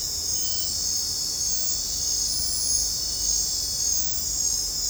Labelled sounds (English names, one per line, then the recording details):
none
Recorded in dense forest near Puerto Asís, Putumayo, Colombia, on 20 December 2024 at 21:00
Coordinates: 0.466, -76.327
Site G075